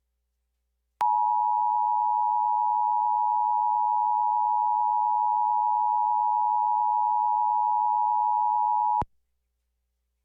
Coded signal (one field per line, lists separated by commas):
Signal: Emergency Alert System (SAME) tones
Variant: 853 and 960 Hz attention tone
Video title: EAS Severe Thunderstorm Warning Elizabethtown,KY 7.30.24